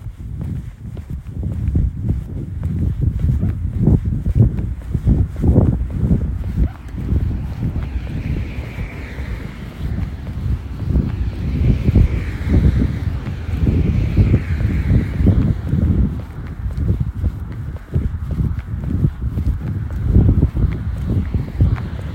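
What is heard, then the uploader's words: Spring sounds outdoors, dominated by a dense, low rumbling with irregular thumps like steps or handling noise. Faint, higher chirping rises briefly in the background from about 8 to 16 seconds, while the overall loudness stays fairly steady throughout. Our team decided to take a walk outdoors to capture the sounds of spring around us.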